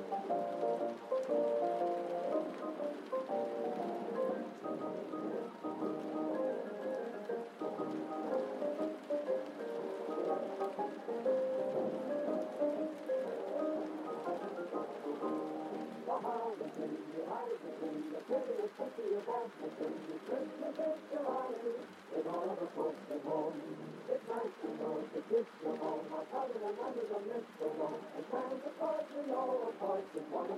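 Oldies music plays from another room, muffled and dull, with held notes and melody lines sitting in the middle register and no crisp top end. Volume stays fairly even throughout. A soft, steady patter like rain runs underneath the whole time.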